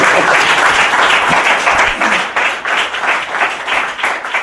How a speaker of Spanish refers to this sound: Podemos aplaudir igual, ¿eh? Podemos aplaudir igual.